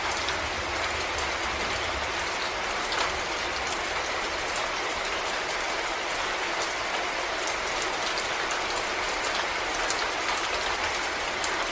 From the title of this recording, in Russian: Шум и звуки дождя с грозой на террасе